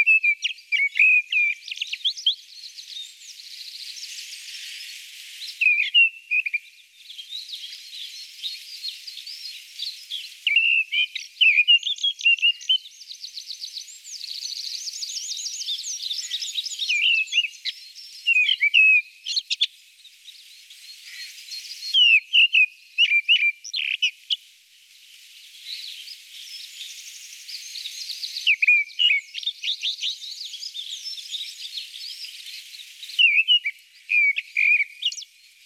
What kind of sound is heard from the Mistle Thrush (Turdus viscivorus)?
song